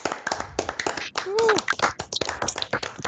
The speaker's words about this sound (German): Also vielen Dank euch, Mikros auf und großen Applaus an Orga-Team.